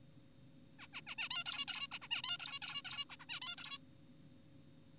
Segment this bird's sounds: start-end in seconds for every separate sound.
0.79-0.87, 0.94-1.01, 1.07-1.15, 1.18-1.29, 1.31-1.44, 1.46-1.65, 1.68-1.88, 1.92-1.99, 2.02-2.08, 2.11-2.22, 2.24-2.38, 2.40-2.59, 2.62-2.82, 2.85-3.05, 3.10-3.16, 3.20-3.26, 3.29-3.40, 3.42-3.56, 3.58-3.78